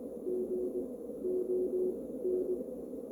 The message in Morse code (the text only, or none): G ON